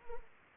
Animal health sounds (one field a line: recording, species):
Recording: mosquito wingbeat signal from an infrared sensor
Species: Anopheles arabiensis